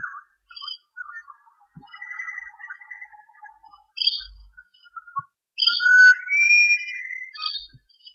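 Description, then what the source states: Bird song of varied chirps and short whistles, some high and thin, others lower warbles, building to a louder burst of rich rising and falling phrases near the end. Recorded in Armidale in 2013.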